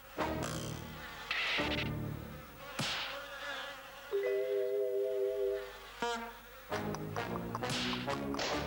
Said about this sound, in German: empfängt ihn ein bestialischer Gestank und das Geräusch von vielen, vielen Fliegen, die auf den Fladen sitzen, die überall hier liegen.